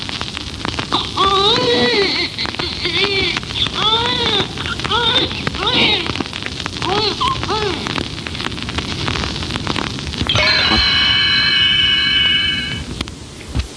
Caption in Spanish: Llanto correspondiente a un bebé prematuro con un peso al nacer de 2 kilos este lamento es mucho más débil que el del niño nacido con normalidad.